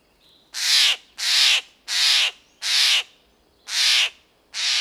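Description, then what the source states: Bird repeating loud, hoarse, crow-like squawks, each about half a second long, in a steady series. Central America.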